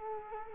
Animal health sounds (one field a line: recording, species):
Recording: mosquito wingbeat signal from an infrared sensor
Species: Culex quinquefasciatus